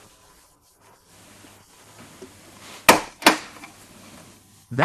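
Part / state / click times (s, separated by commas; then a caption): plastic retaining clip in car door sill trim / released / 2.9 s. On a Honda CR-V 3, the second tab of a plastic retaining clip in the car's door sill trim is pushed toward the center, and the clip releases with a sharp, loud snap at 2.9 s. A second strong snap follows at 3.3 s, and a loud knock comes near 4.8 s. The latch comes free intact.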